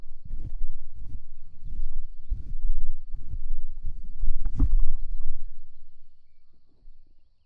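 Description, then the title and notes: Cow snuffling and breathing: low, rough bursts repeated about every three-quarters of a second, fading out near the end. Recorded overnight; the cow left spittle on the microphone windscreen. "Cow Love. I don't know how my microphone windscreen got covered by cow spittle overnight"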